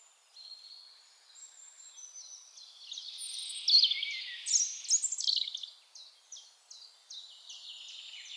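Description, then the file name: European robin singing soft, high, scratchy notes that swell into a louder burst of tinkling phrases midway, then fade into a quick series of thin repeated notes. "Erithacus rubecula"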